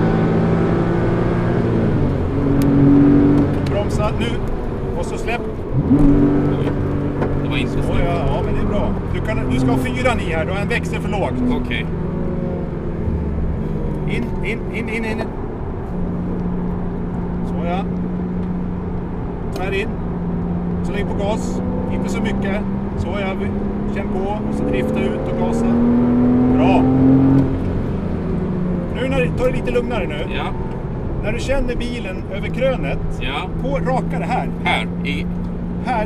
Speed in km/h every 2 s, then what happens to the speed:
156, 160, 142, 126, 117, 111, 95, 82, 84, 83, 87, 96, 108, 123, 89, 75, 75, 81.
2-13 brakes to 82. 13-25 speeds up to 123. 25-30 brakes to 75. 30-36 speeds up to 81.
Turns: 12-18, 26-32.